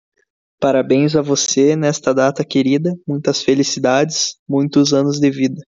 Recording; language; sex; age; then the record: short text; Brazilian Portuguese; male; 18 to 19 years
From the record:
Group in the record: control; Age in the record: 19 years